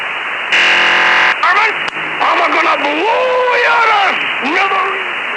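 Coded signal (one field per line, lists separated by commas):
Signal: unidentified radio signal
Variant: Yosemite Sam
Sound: short harsh buzzing data burst, then a gruff cartoon voice shouting a line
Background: radio static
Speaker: before you hear "Varmint, I'm gonna blow you to smithereens," there's a data burst, similar to what you would hear back in the dial-up internet days when you would connect to the internet with a modem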